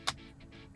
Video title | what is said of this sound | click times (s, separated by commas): Tesla Steering Wheel Replacement - The Ultimate Steering Wheel Upgrade & How To Install | there we go you're going to hear some snaps ready | 0.1 s